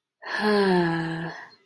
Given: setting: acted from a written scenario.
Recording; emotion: vocal sound without words; serenity